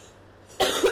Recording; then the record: coughing mixed with background sound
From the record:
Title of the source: 34 coughing up crap again